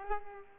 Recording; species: mosquito wingbeat signal from an infrared sensor; Culex pipiens